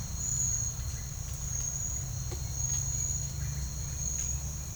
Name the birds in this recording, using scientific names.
none